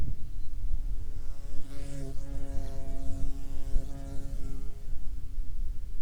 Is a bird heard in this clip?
no